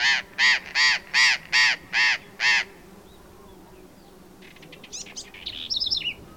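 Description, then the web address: Burrowing parrot harsh calls, seven rapid evenly spaced screeches in about two and a half seconds, followed by faint high chattering. "parrots cyanoliseus-patagonus"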